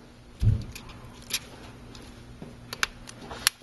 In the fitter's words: everything is snapped in place